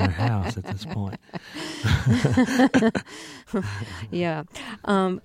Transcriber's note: laughter